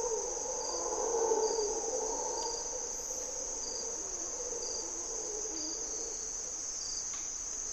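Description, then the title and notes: Mantled howler monkeys howling with a deep, rolling roar that peaks early and then fades, while insects buzz steadily and pulse at a high pitch. Mantled howler monkeys waking the jungle at morning twilight, Parque Nacional Corcovado, Osa Peninsula, Costa Rica; males audible for several kilometres, calling at dawn and dusk and in response to disturbances. "Mantled Howler Monkeys in Corcovado morning twilight. Monos Congos, or Mantled Howler Monkeys, waking the jungle in Costa Rica's Parque Nacional Corcovado"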